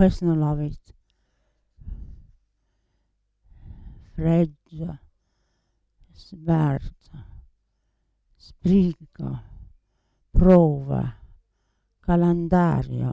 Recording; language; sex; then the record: read list of words; Italian; female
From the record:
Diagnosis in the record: Parkinson's disease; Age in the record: 80 years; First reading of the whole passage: 169 s, 3.1 characters per second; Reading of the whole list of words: 101 s, 2.8 characters per second